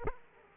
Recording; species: mosquito wingbeat signal from an infrared sensor; Aedes aegypti